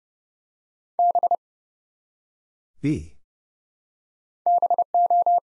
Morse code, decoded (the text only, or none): B BO